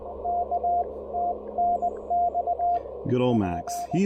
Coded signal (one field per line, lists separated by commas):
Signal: Morse code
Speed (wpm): 18 wpm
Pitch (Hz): 690 Hz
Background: speech, radio noise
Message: K TNX P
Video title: Taking the Ten-Tec Argonaut V on a POTA field activation!